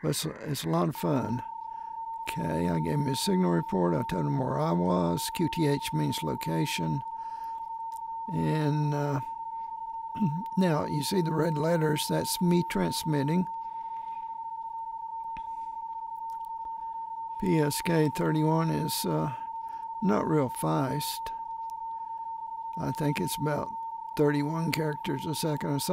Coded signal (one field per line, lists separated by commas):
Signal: PSK31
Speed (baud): 31.25 baud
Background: speech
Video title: A PSK31 QSO